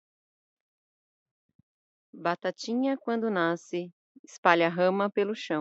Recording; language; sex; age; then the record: short text; Brazilian Portuguese; female; 40 to 49 years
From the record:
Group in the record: control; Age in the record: 45 years